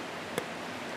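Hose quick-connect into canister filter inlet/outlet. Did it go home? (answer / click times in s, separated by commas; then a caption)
yes / 0.4 s. A plastic quick-connect tubing connector with a release button is clicked onto a canister filter's inlet/outlet. A single short, sharp click at 0.4 s stands out over steady broadband hiss. The connector seats onto the filter.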